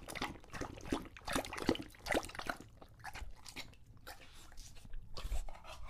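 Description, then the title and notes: English Bulldog lapping water, with irregular wet slurping and splashing bursts. Male English Bulldog named Lucho drinking from a water bowl after a long walk, breathing heavily and out of breath between drinks. "English Bulldog Drinks from Water Bowl - Weird Sounds. listen to Lucho the English Bulldog as he tries to drink water after a long walk. Don't let his heavy breathing fool you in between drinks, he's equally out of breath from the walk"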